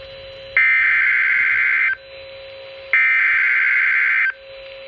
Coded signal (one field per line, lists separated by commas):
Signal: Emergency Alert System (SAME) tones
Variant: header bursts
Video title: EAS #061 Severe Thunderstorm Warning (My County!)